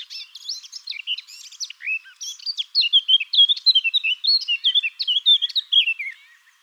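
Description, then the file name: Eurasian blackcap song, a rapid, continuous warble of varied high chirps and twittering notes, louder in the second half. "Sylvia atricapilla"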